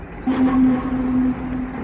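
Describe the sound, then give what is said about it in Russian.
A single loud boat horn blast, sounded on command as a signal from a boat stuck on a shoal that a tractor is to pull free: a steady low-pitched tone lasting about a second over a rumbling engine-like background, then fading out. “Как скажу, гудок дашь.”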